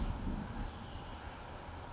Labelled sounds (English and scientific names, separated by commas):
Blue-gray Gnatcatcher (Polioptila caerulea)